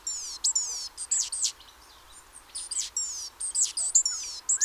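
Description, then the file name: Great tit calling: two runs of sharp, high notes sweeping downward, broken by a short lull in the middle. "Parus major"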